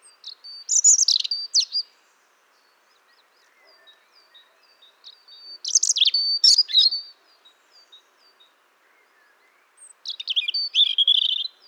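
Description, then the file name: European robin giving three short phrases of thin, high, tinkling and twittering notes separated by pauses of several seconds, with soft faint notes in between. "Erithacus rubecula"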